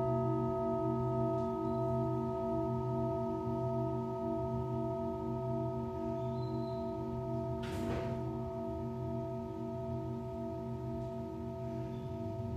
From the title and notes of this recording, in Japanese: 春分 メキシコから シンギングボウルのサウンドヒーリング。